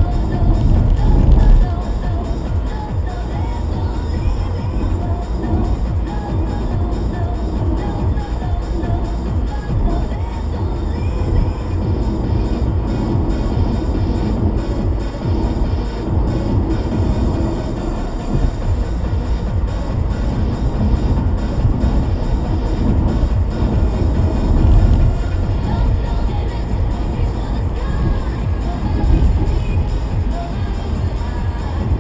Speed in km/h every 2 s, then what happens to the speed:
93, 93, 95, 95, 97, 98, 98, 98, 100, 100, 100, 103, 103, 106, 101, 95.
0-27 steady at about 98. 27-32 slows to 95.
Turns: none.